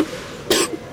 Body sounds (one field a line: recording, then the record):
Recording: coughing mixed with background sound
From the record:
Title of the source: 55 gaggy wet cough